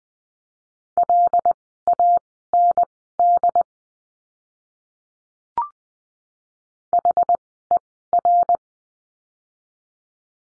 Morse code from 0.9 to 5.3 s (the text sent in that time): LAND